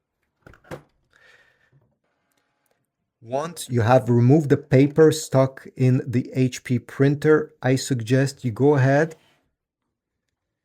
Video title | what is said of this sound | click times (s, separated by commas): How to Fix Your HP Envy 6155e Printer : Wifi Problems & Paper Jam | To put back the cover, you simply have to jam it inside and push it down until it clicks. | 0.5 s, 0.7 s